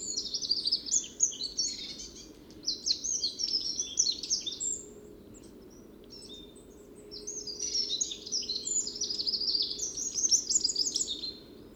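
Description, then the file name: Eurasian wren song: two long, rapid, high-pitched strophes of tumbling trills and twitters, each lasting about four to five seconds, separated by a short pause, over a low steady hum. "Troglodytes troglodytes"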